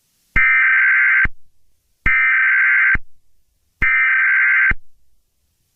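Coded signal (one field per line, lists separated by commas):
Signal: Emergency Alert System (SAME) tones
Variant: header bursts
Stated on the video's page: Simulated EAS scenario made with CapCut, fan horror recreation rather than a real alert.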